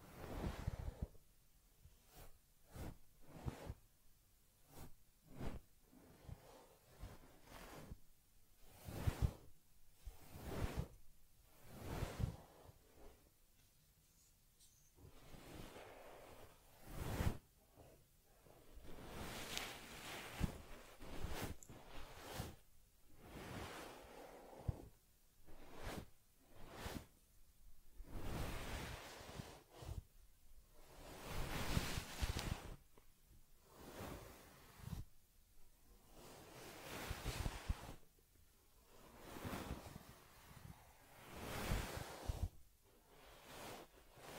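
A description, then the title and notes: Brushing and rubbing against a soft, furry surface, heard as a steady string of bright swishing strokes. The strokes come every second or so, some short and quick, others longer sweeps, with brief quiet gaps between them and faint hiss underneath. ASMR Taking Care of Teddy Head Massage, Facial Cleansing, Fur Combing and Ear Cleaning(No Talking).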